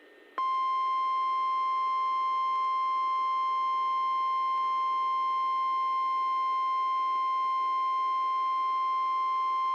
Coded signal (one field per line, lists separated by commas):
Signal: Emergency Alert System (SAME) tones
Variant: 1050 Hz attention tone